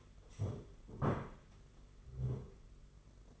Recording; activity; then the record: daily activity, microphone in the room; stand up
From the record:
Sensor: 4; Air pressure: 992.5 hPa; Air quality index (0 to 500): 119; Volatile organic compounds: 28 ppm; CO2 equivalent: 2904 ppm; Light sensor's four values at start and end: 20/72/26/28 and 20/72/26/28